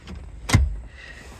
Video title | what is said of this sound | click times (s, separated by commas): Volvo XC90 rear seat and cargo area usage. Folding down the seats, accessing the back, etc. - VOTD | You push the bottom all the way back till you hear it latch. | 0.5 s